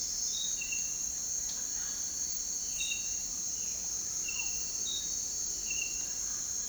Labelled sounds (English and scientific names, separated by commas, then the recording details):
none
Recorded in dense forest near Puerto Asís, Putumayo, Colombia, on 18 February 2024 at 07:30
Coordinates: 0.499, -76.324
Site G6469